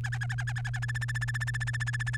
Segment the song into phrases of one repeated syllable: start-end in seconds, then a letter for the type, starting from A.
0.04-0.79 A, 0.82-2.17 B